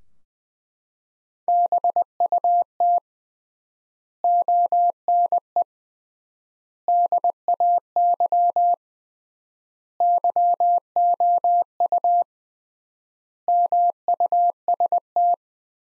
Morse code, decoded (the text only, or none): BUT ONE DAY YOU MUST